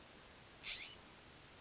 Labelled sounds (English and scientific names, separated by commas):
California Scrub-Jay (Aphelocoma californica)